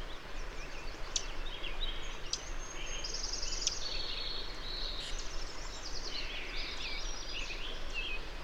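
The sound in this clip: Birdsong: high trills and twittering from several birds, with sharp clicks and chips mixed in, over steady low background rumble.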